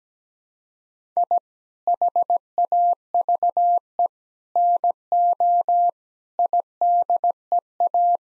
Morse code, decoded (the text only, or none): I HAVE NO IDEA